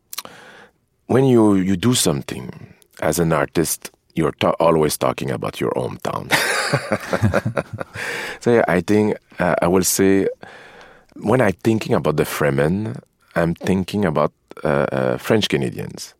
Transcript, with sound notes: When you do something as an artist, you're always talking about your hometown (laughter). So, yeah, I think - I will say when I'm thinking about the Fremen, I'm thinking about French Canadians,